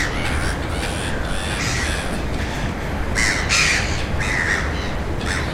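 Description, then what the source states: Gull calls, several harsh squawks and cries over continuous low surf or wind noise. At the ocean.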